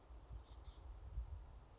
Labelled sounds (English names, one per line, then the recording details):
Oak Titmouse
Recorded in Sonoma County, California